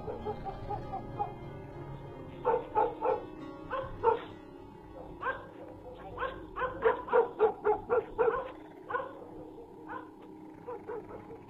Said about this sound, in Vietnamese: Ở đấy không có ai, thế nhưng chẳng hiểu làm sao chó của cái ngõ nhỏ này cứ chõ sang bên đấy mà cắn ông ổng.